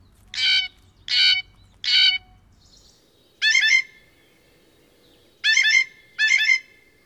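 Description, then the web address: Blue jay harsh jay calls: three loud, rasping screams in quick succession, a pause, then three more harsh, slightly drawn-out calls. North America; listed among common western species. "Songs of Birds of North America Know Your Bird Sounds. Blue Jay"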